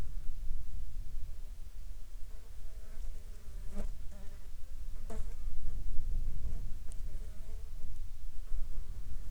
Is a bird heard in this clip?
no